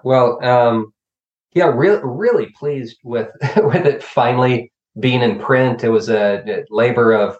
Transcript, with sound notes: Well yeah really pleased with [chuckle] with it finally being in print, it was a labor of